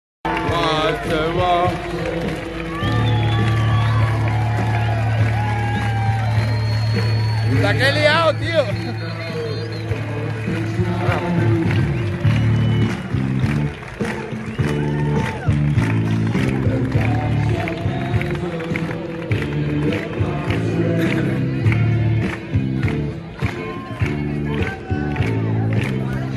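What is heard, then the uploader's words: A dense street protest in a city square, crowd voices and speech mixing continuously, with a low steady drone and frequent sharp claps or bangs. Huge Protests Against COVID-19 Vaccine Passports in Colon, Madrid Spain.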